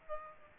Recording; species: mosquito wingbeat signal from an infrared sensor; Aedes aegypti